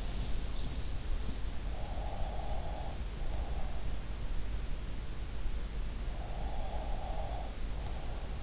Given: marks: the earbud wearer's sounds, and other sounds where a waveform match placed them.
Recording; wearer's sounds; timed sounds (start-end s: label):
sounds in sleep by an in-ear microphone; breath
1.79-3.85 s: breath
6.16-8.43 s: breath